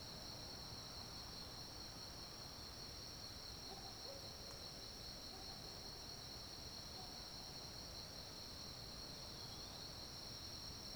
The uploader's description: Recording from the top of a fallen tree